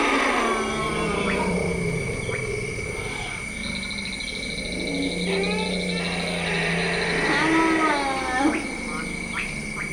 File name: The Elephants In The Room Dzanga Bai Central African Republic